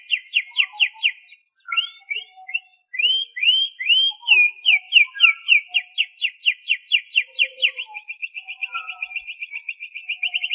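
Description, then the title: Canary singing a varied series: quick repeated chirps, a few upswept whistles, then a long even trill of rapid notes. "Suara Kenari"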